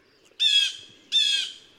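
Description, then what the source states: Blue Jay giving two harsh, loud, nasal jeer calls, each about a third of a second long, with a short pause between them. Blue jays of the east; crested bird.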